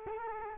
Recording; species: mosquito wingbeat signal from an infrared sensor; Culex quinquefasciatus